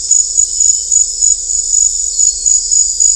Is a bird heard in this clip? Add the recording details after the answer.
no. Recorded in dense forest near Puerto Asís, Putumayo, Colombia, on 16 December 2024 at 20:00. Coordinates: 0.500, -76.322. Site G053